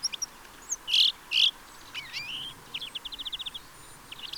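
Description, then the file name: European greenfinch: two loud harsh buzzy notes, then a rising slurred note and a quick run of rapid trilled notes, with faint high chips around. "Chloris chloris"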